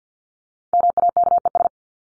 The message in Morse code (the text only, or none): MAKES